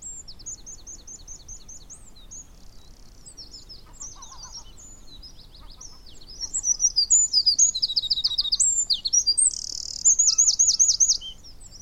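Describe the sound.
Eurasian wren: soft high twitters for several seconds, then loud, rapid, shrill trills and rattles through the second half.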